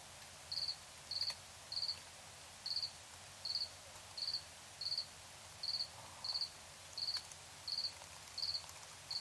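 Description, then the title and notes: Cricket giving a steady run of short pulsed chirps, a little more than one per second, against low even background noise. Nighttime recording in Tiny, Ontario. "Crickets and coyotes. Tiny, Ontario. Anton Pickard"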